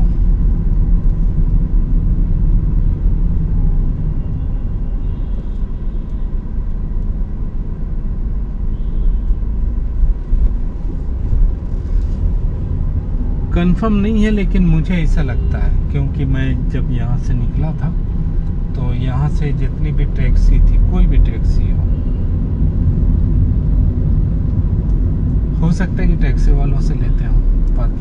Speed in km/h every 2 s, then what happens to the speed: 20, 18, 5, 11, 8, 11, 15, 17, 19, 19, 25, 28, 30, 31.
0-4 brakes to 5. 4-9 steady at about 8. 9-28 speeds up to 31.